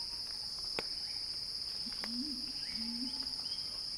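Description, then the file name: Cicada song forming a continuous shrill hum, with two sharp clicks and a short low warbling phrase. Cicada song building in a crescendo, recorded by Axel Drioli for Earth.fm. "earth-fm Axel-Drioli Cicada-Crescendo-Sounding-Wild"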